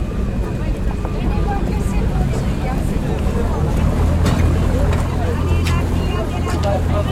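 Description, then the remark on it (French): A boat's engine rumbles low and steady throughout at the old port as people embark for the island of Frioul, with a constant wash of wind and water noise on top and indistinct voices murmuring underneath. “Au vieux port, on embarque.”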